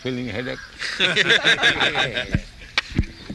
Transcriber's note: laughter